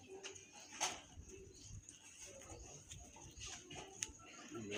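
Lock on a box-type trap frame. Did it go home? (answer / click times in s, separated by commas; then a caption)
yes / 4.0 s. A lock on a box-type bird trap frame is engaged during assembly so the part will not come loose. Amid low background noise, a bird coos and there is a broadband knock near 0.8 s. A sharp snap at 4.0 s marks the lock seating shut.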